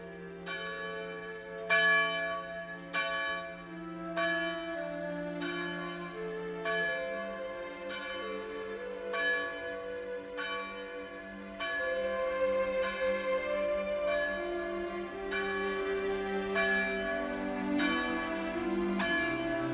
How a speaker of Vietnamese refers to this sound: mới hơn 4 giờ sáng cha đã ra nhà thờ lần hạt, chờ hồi chuông giáo đường đổ lần thứ nhất, đánh thức dân chúng dậy đi lễ.